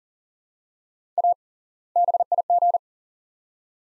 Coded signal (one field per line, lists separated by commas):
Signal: Morse code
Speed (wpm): 40 wpm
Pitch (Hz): 700 Hz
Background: none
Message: A BIG